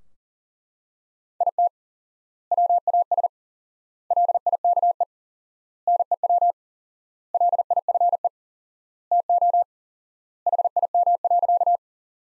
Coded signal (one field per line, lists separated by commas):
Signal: Morse code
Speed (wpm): 40 wpm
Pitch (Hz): 700 Hz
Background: none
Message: IT WAS LIKE NEW LIFE TO HIM.